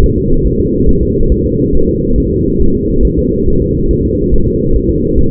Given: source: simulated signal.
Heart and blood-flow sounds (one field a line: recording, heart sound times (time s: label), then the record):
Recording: fetal heart sounds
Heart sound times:
0.04 s: S1
0.18 s: S2
0.47 s: S1
0.60 s: S2
0.89 s: S1
1.03 s: S2
1.32 s: S1
1.46 s: S2
1.75 s: S1
1.89 s: S2
2.18 s: S1
2.32 s: S2
2.61 s: S1
2.75 s: S2
3.05 s: S1
3.19 s: S2
3.48 s: S1
3.62 s: S2
3.91 s: S1
4.05 s: S2
4.34 s: S1
4.48 s: S2
4.76 s: S1
4.90 s: S2
5.19 s: S1
From the record:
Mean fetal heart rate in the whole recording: 140 bpm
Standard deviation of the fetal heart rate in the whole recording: 2 bpm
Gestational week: 34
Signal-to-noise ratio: -17.7 dB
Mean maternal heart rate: 72 bpm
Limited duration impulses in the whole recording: present